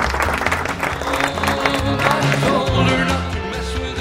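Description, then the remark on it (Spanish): An applause sound effect: a crowd claps steadily and loudly for about four seconds, a dense, continuous wash of applause with a low, droning musical tone running underneath. “A ver, un ruidito de aplauso.”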